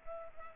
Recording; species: mosquito wingbeat signal from an infrared sensor; Culex pipiens